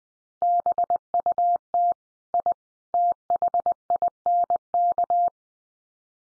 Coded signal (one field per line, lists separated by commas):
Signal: Morse code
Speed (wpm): 20 wpm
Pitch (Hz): 700 Hz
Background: none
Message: BUT I THINK